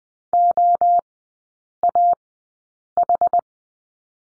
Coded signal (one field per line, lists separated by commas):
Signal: Morse code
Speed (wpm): 20 wpm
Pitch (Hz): 700 Hz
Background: none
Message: OAH